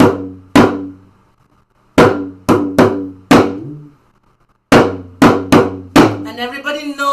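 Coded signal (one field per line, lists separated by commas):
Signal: talking drum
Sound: deep resonant drum strokes in groups of two, four and four, then a voice begins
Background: speech at end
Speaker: there's some. calamity that has happened, so they would go through. And everybody knows, oh! They're talking about, we gotta be aware something is happening.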